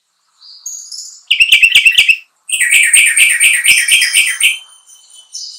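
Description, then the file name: Sooty-headed bulbul song: a fast burst of sharp chipping notes, then a longer jumbled run of bright chattering and warbled phrases with a few thin high whistles. Song labelled as kutilang trucukan. "suara kutilang trucukan"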